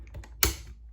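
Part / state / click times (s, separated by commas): tail push rod guide into its mount on an RC helicopter tail boom / seated / 0.4 s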